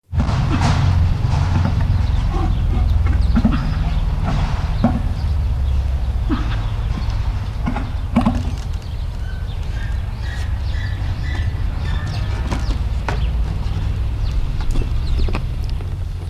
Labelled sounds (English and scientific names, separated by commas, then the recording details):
Wapiti (Cervus canadensis) call
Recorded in captivity
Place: Tierpark Berlin, Berlin, DE
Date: 1972-09-16 11:02
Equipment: Uher 4200 Report Monitor, Verst. I, Sennheiser MD 421
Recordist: Tembrock, Günter